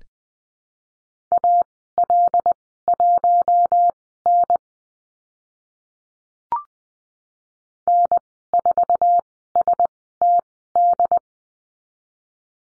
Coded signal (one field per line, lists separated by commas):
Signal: Morse code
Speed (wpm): 20 wpm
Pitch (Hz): 700 Hz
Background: none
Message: AL1N N4STD